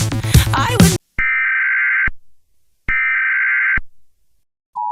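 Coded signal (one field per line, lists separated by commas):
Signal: Emergency Alert System (SAME) tones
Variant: header bursts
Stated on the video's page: Fictional parody EAS scenario using valid EAS tones.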